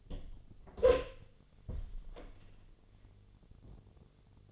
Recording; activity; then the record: daily activity, microphone in the room; open door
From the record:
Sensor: 4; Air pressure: 1007.9 hPa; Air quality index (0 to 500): 184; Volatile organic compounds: 6 ppm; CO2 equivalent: 1838 ppm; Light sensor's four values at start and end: 24/77/29/29 and 23/73/28/27